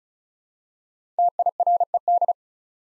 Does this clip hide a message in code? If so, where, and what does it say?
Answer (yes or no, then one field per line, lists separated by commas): yes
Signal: Morse code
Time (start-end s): 1.2-2.3 s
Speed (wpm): 36 wpm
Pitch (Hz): 700 Hz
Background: none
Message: TIRED